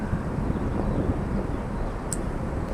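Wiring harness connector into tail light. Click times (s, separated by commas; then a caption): 2.1 s. The wiring harness connector is pushed into a Morimoto XB LED blacked-out tail light on a Ford F-150 while the light is balanced in place; the connector only goes in one way. Over a steady low rumble of background noise, a single sharp, bright snap is heard at 2.1 seconds. The tail light connector snaps home and is seated.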